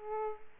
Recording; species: mosquito wingbeat signal from an infrared sensor; Aedes aegypti